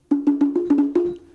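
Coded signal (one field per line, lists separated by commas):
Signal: talking drum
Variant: two-tone Congo slit drum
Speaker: I'll read out first of all five phrases attention the talking drum goes down river to the Village to the Village of yakuzo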